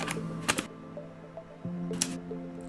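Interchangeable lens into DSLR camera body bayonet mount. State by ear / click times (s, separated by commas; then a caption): seated / 2.0 s. An interchangeable lens is lined up by its gold contacts and twisted onto the bayonet mount of a Canon T6 DSLR body over steady background music, with a few light handling taps near 0.1 and 0.6 s. A sharp click at 2.0 s marks the lens locking into the mount, fully seated.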